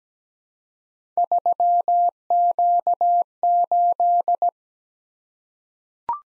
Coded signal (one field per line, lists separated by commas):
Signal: Morse code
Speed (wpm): 17 wpm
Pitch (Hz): 700 Hz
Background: none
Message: 3Q8